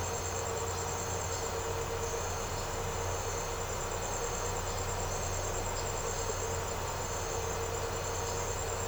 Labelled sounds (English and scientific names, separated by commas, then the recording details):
none
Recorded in secondary vegetation near Puerto Asís, Putumayo, Colombia, on 4 March 2025 at 07:00
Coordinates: 0.468, -76.324
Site G059